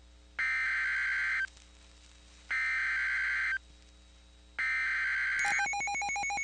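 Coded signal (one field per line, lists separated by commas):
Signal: Emergency Alert System (SAME) tones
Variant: header bursts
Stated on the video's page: NOAA Weather Radio broadcast from a station serving Birmingham.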